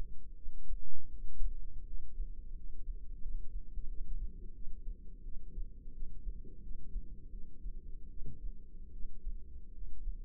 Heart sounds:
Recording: heart sounds by microphone in the left ear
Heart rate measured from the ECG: 83 bpm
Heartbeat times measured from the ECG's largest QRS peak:
0.35 s: heartbeat
1.11 s: heartbeat
1.86 s: heartbeat
2.55 s: heartbeat
3.21 s: heartbeat
3.87 s: heartbeat
4.53 s: heartbeat
5.23 s: heartbeat
5.93 s: heartbeat
6.61 s: heartbeat
7.30 s: heartbeat
8.09 s: heartbeat
8.92 s: heartbeat
9.73 s: heartbeat
From the record:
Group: healthy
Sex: female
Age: 22 years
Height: 161 cm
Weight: 65.5 kg

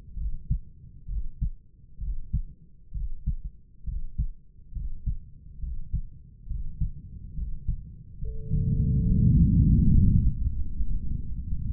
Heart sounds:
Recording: heart sounds by stethoscope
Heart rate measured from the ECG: 69 bpm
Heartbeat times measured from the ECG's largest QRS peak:
0.18 s: heartbeat
1.10 s: heartbeat
2.02 s: heartbeat
2.96 s: heartbeat
3.88 s: heartbeat
4.76 s: heartbeat
5.62 s: heartbeat
6.50 s: heartbeat
7.37 s: heartbeat
8.22 s: heartbeat
9.05 s: heartbeat
9.83 s: heartbeat
10.59 s: heartbeat
From the record:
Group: healthy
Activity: rest 0-4 s, Valsalva maneuver 4-12 s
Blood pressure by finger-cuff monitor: 131/88 mmHg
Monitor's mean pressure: 98 mmHg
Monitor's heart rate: 68 bpm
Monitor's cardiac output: 7.1 L/min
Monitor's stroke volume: 105 mL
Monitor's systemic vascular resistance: 1030 dyn s/cm5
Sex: male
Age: 30 years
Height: 188 cm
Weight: 110.2 kg

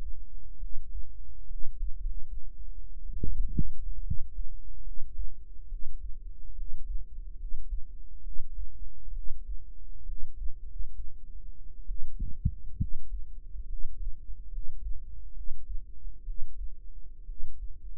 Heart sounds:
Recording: heart sounds by microphone in the right ear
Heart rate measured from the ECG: 68 bpm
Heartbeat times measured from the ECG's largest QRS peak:
0.57 s: heartbeat
1.45 s: heartbeat
1.98 s: heartbeat
3.16 s: heartbeat
4.00 s: heartbeat
4.81 s: heartbeat
5.66 s: heartbeat
6.52 s: heartbeat
7.35 s: heartbeat
8.20 s: heartbeat
9.11 s: heartbeat
10.03 s: heartbeat
10.62 s: heartbeat
11.85 s: heartbeat
12.75 s: heartbeat
13.64 s: heartbeat
14.47 s: heartbeat
15.31 s: heartbeat
16.22 s: heartbeat
17.23 s: heartbeat
From the record:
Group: healthy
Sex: female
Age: 22 years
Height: 171 cm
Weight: 65.6 kg

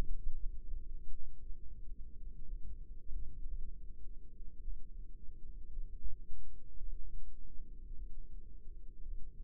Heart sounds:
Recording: heart sounds by microphone in the left ear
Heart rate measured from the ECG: 55 bpm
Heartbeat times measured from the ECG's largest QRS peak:
0.35 s: heartbeat
1.41 s: heartbeat
2.46 s: heartbeat
3.46 s: heartbeat
4.62 s: heartbeat
5.68 s: heartbeat
6.78 s: heartbeat
7.96 s: heartbeat
9.03 s: heartbeat
From the record:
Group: healthy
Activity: rest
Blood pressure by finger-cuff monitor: 105/62 mmHg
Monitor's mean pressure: 77 mmHg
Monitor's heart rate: 57 bpm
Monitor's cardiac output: 5.3 L/min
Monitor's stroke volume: 93 mL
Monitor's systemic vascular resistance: 1040 dyn s/cm5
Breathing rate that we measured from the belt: 21 breaths a minute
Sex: female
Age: 28 years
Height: 170 cm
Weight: 77 kg

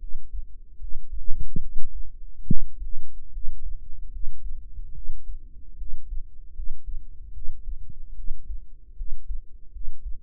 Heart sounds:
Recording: heart sounds by microphone in the right ear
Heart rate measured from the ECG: 74 bpm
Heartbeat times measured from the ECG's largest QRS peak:
0.79 s: heartbeat
1.60 s: heartbeat
2.46 s: heartbeat
3.32 s: heartbeat
4.11 s: heartbeat
4.93 s: heartbeat
5.77 s: heartbeat
6.54 s: heartbeat
7.32 s: heartbeat
8.14 s: heartbeat
8.95 s: heartbeat
9.71 s: heartbeat
From the record:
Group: healthy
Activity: rest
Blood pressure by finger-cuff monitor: 96/54 mmHg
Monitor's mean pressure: 68 mmHg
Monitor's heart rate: 74 bpm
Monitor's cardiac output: 7 L/min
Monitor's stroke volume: 93 mL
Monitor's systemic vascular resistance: 670 dyn s/cm5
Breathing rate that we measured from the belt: 21 breaths a minute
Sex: female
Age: 19 years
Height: 163 cm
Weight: 48.9 kg

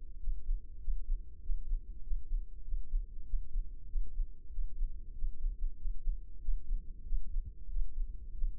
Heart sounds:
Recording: heart sounds by microphone in the left ear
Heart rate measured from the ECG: 96 bpm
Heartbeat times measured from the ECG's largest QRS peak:
0.21 s: heartbeat
0.82 s: heartbeat
1.43 s: heartbeat
2.04 s: heartbeat
2.65 s: heartbeat
3.27 s: heartbeat
3.89 s: heartbeat
4.52 s: heartbeat
5.16 s: heartbeat
5.79 s: heartbeat
6.42 s: heartbeat
7.06 s: heartbeat
7.70 s: heartbeat
8.35 s: heartbeat
From the record:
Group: healthy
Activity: rest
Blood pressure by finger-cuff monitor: 158/79 mmHg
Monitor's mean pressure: 101 mmHg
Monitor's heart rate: 95 bpm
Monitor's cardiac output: 8.5 L/min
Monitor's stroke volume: 90 mL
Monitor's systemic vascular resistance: 900 dyn s/cm5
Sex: male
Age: 21 years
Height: 175 cm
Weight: 72.6 kg

